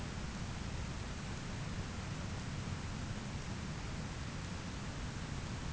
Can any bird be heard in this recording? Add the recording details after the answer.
no. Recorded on Arctic tundra, site ZACK-1, on 13 June 2019. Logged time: 09:49